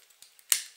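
A key pries apart the plastic foot halves of a Warbotron Lightspeed transforming robot figure because they won't separate by hand. Two faint ticks come first, then the feet pop open with a sharp, bright snap at 0.5 s that rings briefly and fades. The foot halves are released.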